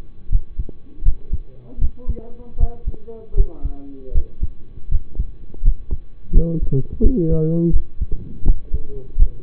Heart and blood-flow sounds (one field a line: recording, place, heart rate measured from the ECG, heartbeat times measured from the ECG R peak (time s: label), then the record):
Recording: heart sounds by stethoscope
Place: between the tricuspid and mitral areas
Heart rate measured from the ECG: 81 bpm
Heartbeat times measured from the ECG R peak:
0.29 s: heartbeat
1.03 s: heartbeat
1.78 s: heartbeat
2.57 s: heartbeat
3.34 s: heartbeat
4.12 s: heartbeat
4.89 s: heartbeat
5.62 s: heartbeat
6.31 s: heartbeat
7.01 s: heartbeat
7.70 s: heartbeat
8.44 s: heartbeat
9.16 s: heartbeat
From the record:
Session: rest, lying down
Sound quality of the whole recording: partially saturated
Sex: male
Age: 25 years